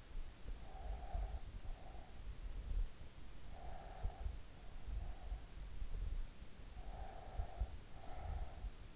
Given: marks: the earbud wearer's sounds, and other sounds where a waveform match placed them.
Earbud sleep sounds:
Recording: sounds in sleep by an in-ear microphone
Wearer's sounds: breath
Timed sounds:
0.55-2.60 s: breath
3.35-5.77 s: breath
6.86-8.96 s: breath

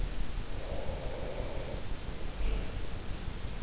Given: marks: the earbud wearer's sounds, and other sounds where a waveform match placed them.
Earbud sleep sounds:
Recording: sounds in sleep by an in-ear microphone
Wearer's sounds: breath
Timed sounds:
0.21-3.05 s: breath

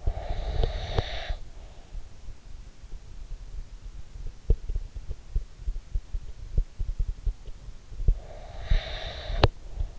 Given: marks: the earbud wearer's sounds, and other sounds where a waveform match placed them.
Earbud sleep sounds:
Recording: sounds in sleep by an in-ear microphone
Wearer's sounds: breath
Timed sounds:
0.00-1.88 s: breath
4.03-7.57 s: sound from someone else or the room
8.21-9.91 s: breath

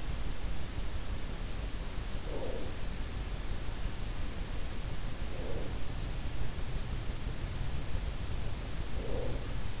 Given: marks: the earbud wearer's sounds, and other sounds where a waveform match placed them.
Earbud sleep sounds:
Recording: sounds in sleep by an in-ear microphone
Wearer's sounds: breath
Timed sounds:
1.94-3.17 s: breath
5.00-6.06 s: breath
8.58-9.80 s: breath

